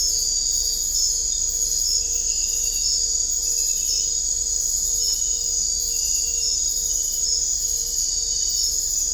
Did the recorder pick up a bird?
no